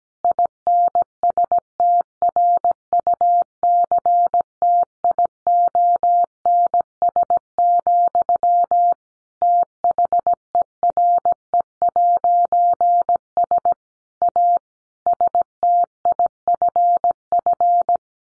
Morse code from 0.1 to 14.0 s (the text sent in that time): INSTRUCTIONS, THERE'S